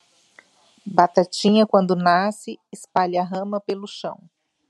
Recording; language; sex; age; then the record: short text; Brazilian Portuguese; female; 40 to 49 years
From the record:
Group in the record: control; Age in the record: 48 years